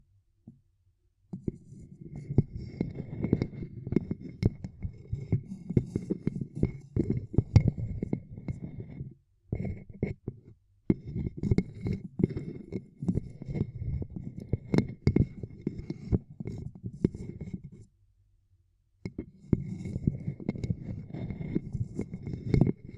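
Ear cupping triggers: dense, muffled rubbing and cupping sounds, low and thick, with frequent soft taps and crackles. The sound runs in long stretches broken by short silences near 9, 10 and 18 seconds, and a faint steady whine sits above throughout.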